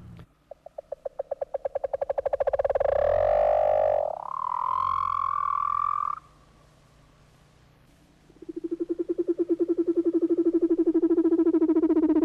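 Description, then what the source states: Leopard seal underwater calls: a pulsed buzzy trill rising into a steady mid-pitched tone, a pause, then a lower pulsed trill repeated rapidly. Antarctic; listening to these sounds tells you who is around in the vicinity.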